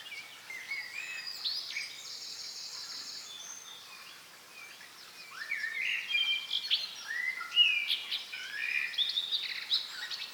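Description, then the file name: Common blackbird singing quietly, a jumble of soft whistles and thin high twittering notes, louder in the second half. "Turdus merula"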